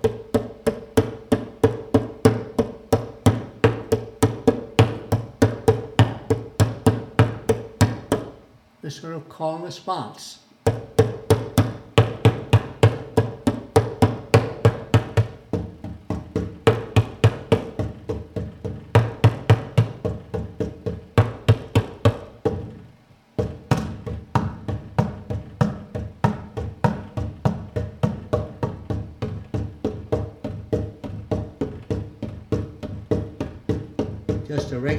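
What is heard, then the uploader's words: Rhythms are tapped out on a wooden computer desk, fast, dense strikes with a low, hollow thud and a crisp click on top. The pattern runs steadily, breaking off briefly around nine seconds and again near twenty-three before resuming. Rhythms on computer desk. I tap out rhythms on the wood computer desk I frequently use for my work.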